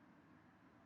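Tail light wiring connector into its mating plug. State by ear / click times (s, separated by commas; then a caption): not seated / none. A Varis full LED tail light's wiring connector is handled near its mating plug on an Evo X. Only a steady, quiet broadband hiss is heard, with no sharp transients. Nothing has seated or clicked yet.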